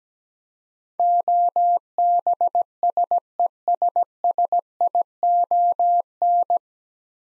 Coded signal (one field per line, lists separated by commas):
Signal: Morse code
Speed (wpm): 17 wpm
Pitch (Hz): 700 Hz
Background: none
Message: OBSESSION